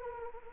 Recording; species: mosquito wingbeat signal from an infrared sensor; Anopheles arabiensis